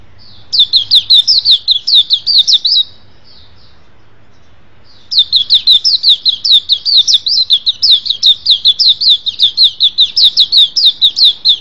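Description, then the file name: White-eye song: fast, thin, high twitters in a short burst, a pause of about two seconds, then a longer continuous warbling run. "suara pleci"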